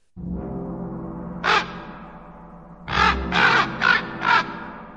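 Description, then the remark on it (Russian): Harsh crow caws ring out at midnight as the wind rises, a single call followed after a pause by a quick run of four, over a steady low rumbling background. “Ровно в полночь поднялся ветер, закричали птицы, заходили на реке волны”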